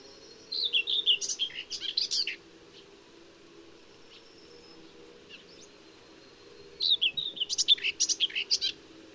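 Common whitethroat song: two brisk, scratchy warbled phrases about two seconds long, the second starting roughly six seconds after the first began, with faint thin notes between.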